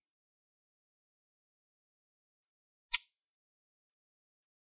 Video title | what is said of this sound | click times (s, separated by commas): Hp Stream 14 Ax113 🚩BATTERY Replacement | and you're going to hear tiny clicks | 2.9 s